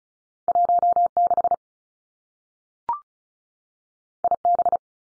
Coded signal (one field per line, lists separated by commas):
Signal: Morse code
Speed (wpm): 36 wpm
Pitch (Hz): 700 Hz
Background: none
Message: 1 6 I B